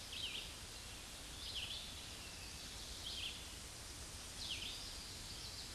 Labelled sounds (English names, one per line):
Red-eyed Vireo song